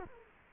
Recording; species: mosquito wingbeat signal from an infrared sensor; Culex quinquefasciatus